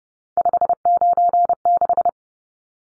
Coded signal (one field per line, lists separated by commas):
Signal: Morse code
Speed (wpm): 30 wpm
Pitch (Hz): 700 Hz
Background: none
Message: 596